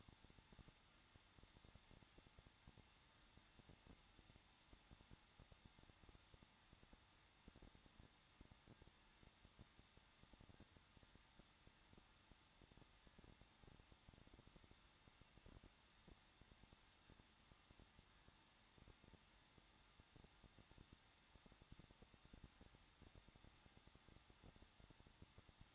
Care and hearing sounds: daily activity, microphone in the room; no activity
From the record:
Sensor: 3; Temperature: 21.2 degrees Celsius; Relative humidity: 36.4%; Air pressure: 1006.4 hPa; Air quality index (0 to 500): 223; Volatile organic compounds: 42 ppm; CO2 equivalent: 3186 ppm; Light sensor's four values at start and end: 2/3/2/2 and 2/3/2/2

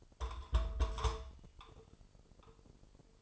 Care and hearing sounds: daily activity, microphone in the room; take from stove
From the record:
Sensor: 5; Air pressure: 995.5 hPa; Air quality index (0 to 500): 97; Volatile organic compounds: 6 ppm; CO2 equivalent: 1856 ppm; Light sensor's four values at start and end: 34/81/33/34 and 33/80/33/34

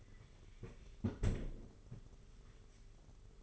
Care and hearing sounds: daily activity, microphone in the room; close fridge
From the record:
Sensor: 4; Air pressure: 991.8 hPa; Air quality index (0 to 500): 104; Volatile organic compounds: 14 ppm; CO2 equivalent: 2462 ppm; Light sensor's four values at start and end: 19/64/23/24 and 19/65/24/24

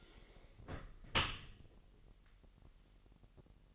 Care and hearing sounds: daily activity, microphone in the room; close dishwasher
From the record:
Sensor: 4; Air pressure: 1001.5 hPa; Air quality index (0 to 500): 249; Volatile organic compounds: 42 ppm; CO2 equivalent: 3177 ppm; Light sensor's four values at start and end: 8/18/7/6 and 8/17/7/6

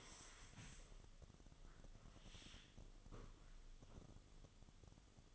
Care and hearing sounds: daily activity, microphone in the room; stand up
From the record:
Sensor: 4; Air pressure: 1005.9 hPa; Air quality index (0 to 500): 93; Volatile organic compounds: 2 ppm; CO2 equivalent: 1154 ppm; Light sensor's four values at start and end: 13/29/11/10 and 13/28/11/10

